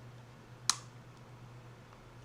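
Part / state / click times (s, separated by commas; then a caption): action camera into quick-release mount / partly seated / 0.7 s. A DJI Action 6 action camera is clipped into its magnetic/clip quick-release mount. One sharp click sounds at 0.7 s, followed only by a faint tick near 1.9 s over a steady low hum. Two clicks are expected but only one is heard, so the camera is only partly confirmed as secured.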